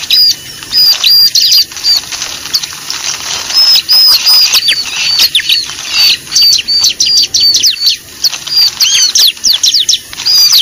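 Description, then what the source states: Lovebird calls: shrill chirps repeated in quick series, bursts of several notes separated by short gaps. Lure recording used to attract birds (pikat).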